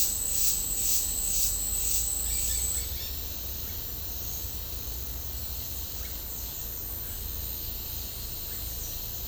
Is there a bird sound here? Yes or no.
no